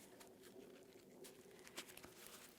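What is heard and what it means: A plastic T-bar attachment for VTAC combat suspenders is slid through the webbing loops of a MOLLE belt on the second side. Its bottom stiffener gives sharp clicks at 1.7 s and 2.0 s over faint rustling, and it is seated in place.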